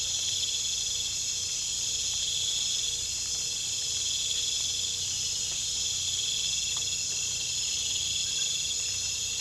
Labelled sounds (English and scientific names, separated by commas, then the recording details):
none
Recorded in pastures near Puerto Asís, Putumayo, Colombia, on 22 December 2024 at 20:30
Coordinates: 0.472, -76.329
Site G072